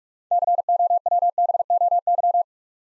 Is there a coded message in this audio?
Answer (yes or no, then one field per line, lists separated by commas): yes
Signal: Morse code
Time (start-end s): 0.3-2.4 s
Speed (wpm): 44 wpm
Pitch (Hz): 700 Hz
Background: none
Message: COWBOY